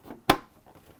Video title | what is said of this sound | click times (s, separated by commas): G.I. Joe Defiant Space Vehicle Restoration: Part 2 - The Booster | You hear that snap in. | 0.3 s